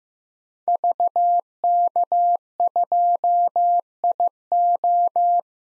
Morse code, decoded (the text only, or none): VK2IO